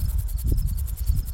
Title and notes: E17: Crickets in a field. In late-July I went for a hike and recorded this audio bit